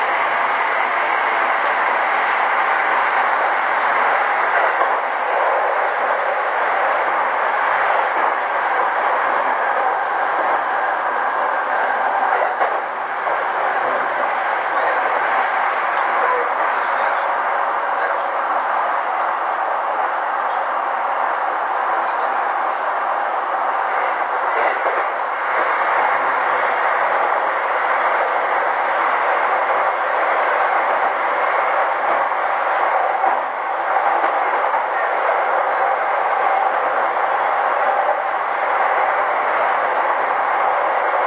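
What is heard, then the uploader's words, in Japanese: A commuter train running, recorded from inside the car. The steady, dense rushing roar sits in the middle and upper range with little deep rumble, holding level throughout, with only brief dips near 13 and 33 seconds. JRE233系 武蔵浦和〜新宿。埼京線の走行音です。ICレコーダーで録音しました。編成は10両編成（大宮・川越寄り先頭車が1号車）で、動力車比率は他の通勤路線のE233系と同じ6M4Tとなっている。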